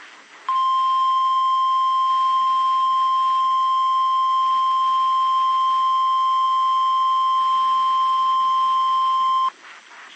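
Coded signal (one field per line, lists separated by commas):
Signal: Emergency Alert System (SAME) tones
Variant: 1050 Hz attention tone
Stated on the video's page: Weather radio required weekly test tones from two transmitters.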